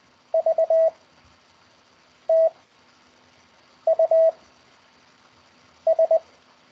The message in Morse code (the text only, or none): V T U S